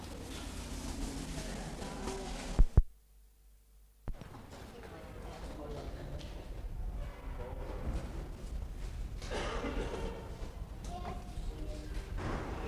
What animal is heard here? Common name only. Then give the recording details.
Leopard. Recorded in captivity. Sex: group. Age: diverse. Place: Zoo Berlin, Berlin, DE. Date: 1960-01-10 14:30. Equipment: Reporter (Vollspur). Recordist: Tembrock, Günter. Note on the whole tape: Weibchen mit Jungen: Rufreihe und diverse Laute, zweimal auch Stoßlaute in Nähe der Jungen (Muffen). Abstand 2-4 m